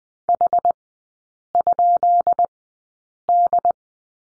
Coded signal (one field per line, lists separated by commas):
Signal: Morse code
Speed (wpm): 20 wpm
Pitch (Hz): 700 Hz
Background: none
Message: H?D